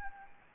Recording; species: mosquito wingbeat signal from an infrared sensor; Anopheles gambiae